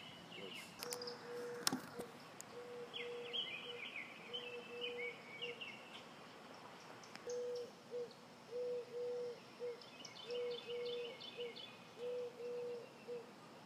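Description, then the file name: Dove cooing in a series of short, steady, low hooting notes, repeated in uneven bursts, with thin high chirps from other birds and faint background hiss. "freesound Doves"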